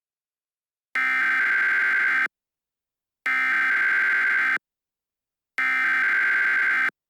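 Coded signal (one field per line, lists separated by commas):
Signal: Emergency Alert System (SAME) tones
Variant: header bursts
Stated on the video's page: Fictional EAS scenario alert, self-made, not a real broadcast.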